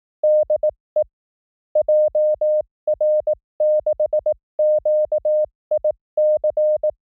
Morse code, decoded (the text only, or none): DE JR6QIC